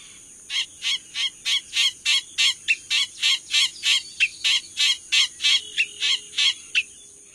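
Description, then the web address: Altamira oriole giving a steady series of short, harsh, buzzy notes, about three per second for six seconds, over a constant high hiss. "Songs of Birds of North America Stokes. Altamira Oriole"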